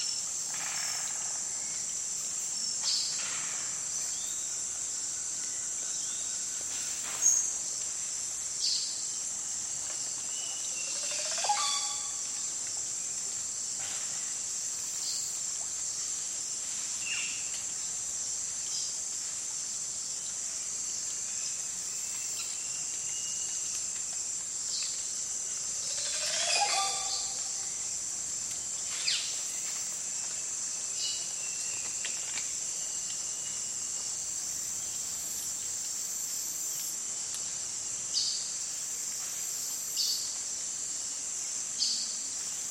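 Oropendola calls ring out from the rainforest treeline near 11 and 26 seconds, over a dense, steady high insect drone and soft background hiss.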